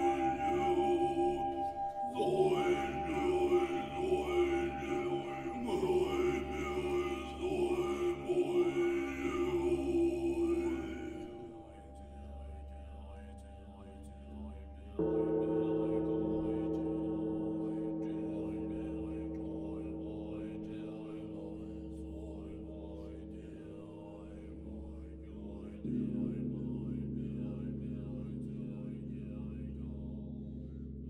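Buddhist chanting fills the first eleven seconds, a low voice droning over a steady hum while bright high tones shimmer above. Then the voices fade, and a bell struck near fifteen seconds rings out, slowly decaying, with a second strike around twenty-six seconds.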